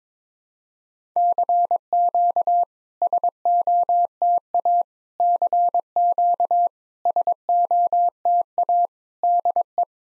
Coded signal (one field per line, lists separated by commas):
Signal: Morse code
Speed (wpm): 22 wpm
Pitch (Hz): 700 Hz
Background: none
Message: CQ SOTA CQ SOTA DE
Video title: SOTA QSO Practice 22wpm